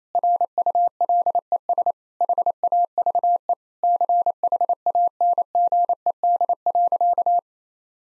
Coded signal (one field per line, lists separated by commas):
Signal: Morse code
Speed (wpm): 28 wpm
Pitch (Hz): 700 Hz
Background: none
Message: RULES HAVE CHANGED.